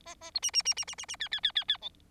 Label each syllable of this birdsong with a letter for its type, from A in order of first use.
A A B C C C C C C C D D D D D E